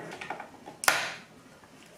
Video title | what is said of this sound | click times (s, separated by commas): How to Remove and Install Mirror Caps on Audi S3 8V, Carbon Fiber Edition | Okay guys, so you heard it click in. | 0.8 s, 0.9 s